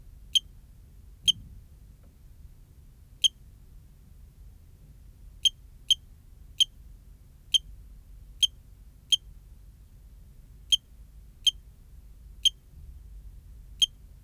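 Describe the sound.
Eugrylloides pipiens cricket song of crisp single high chirps spaced irregularly, about a dozen across the stretch, sometimes paired closely, against a soft low hum.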